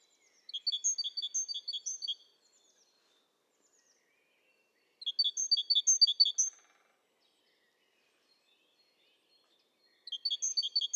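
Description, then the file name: Great tit calling in three evenly spaced bursts of fast, bright three-note phrases, with silence between bursts. "Parus major"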